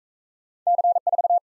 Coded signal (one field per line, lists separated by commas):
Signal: Morse code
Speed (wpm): 40 wpm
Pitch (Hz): 700 Hz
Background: none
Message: C4